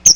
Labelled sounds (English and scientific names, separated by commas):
Chestnut-sided Warbler (Setophaga pensylvanica) flight call